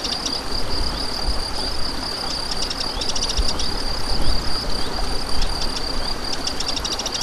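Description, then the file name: Crickets trilling high and steadily with bursts of extra chirps, mixed with stream noise and intermittent low rumbling thumps. Crickets beside a stream, 7 May 2014, recorded on an MZ-N710 recorder. "Ruisseau et grillons 7 05 14"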